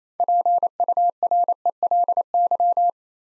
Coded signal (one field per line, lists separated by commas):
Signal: Morse code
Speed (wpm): 27 wpm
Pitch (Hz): 700 Hz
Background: none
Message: PURELY